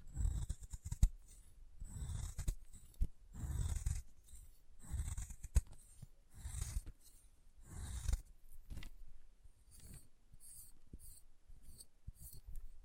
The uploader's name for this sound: Chalk Carving and Cutting Sounds